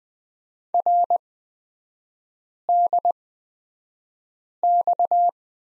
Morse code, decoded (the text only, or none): RDX